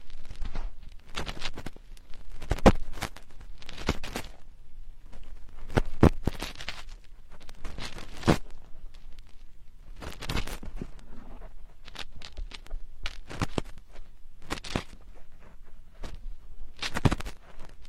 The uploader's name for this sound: Slowly dig your ears